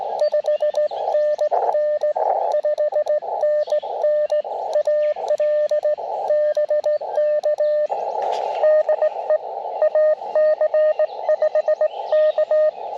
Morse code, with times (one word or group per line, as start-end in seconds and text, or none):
0.2-2.1 5NN
2.5-4.4 5NN
4.8-5.9 AL
6.3-7.9 BK
8.6-9.4 DE
9.8-12.7 AC5K